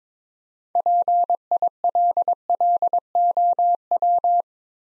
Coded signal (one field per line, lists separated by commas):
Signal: Morse code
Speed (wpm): 22 wpm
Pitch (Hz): 700 Hz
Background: none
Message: PILLOW